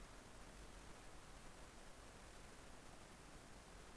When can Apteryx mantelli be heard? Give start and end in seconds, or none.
none